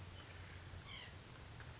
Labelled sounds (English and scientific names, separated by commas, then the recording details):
White-breasted Nuthatch (Sitta carolinensis)
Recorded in Sonoma County, California